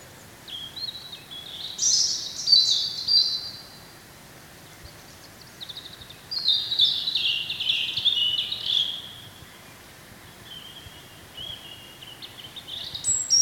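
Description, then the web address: European robin song: phrases of high, thin, tinkling and trilling notes that waver up and down, separated by pauses. "chant xeno-canto rougegorge familier"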